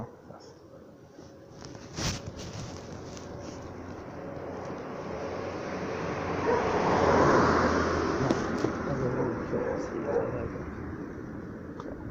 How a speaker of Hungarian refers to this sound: Jön egy autó.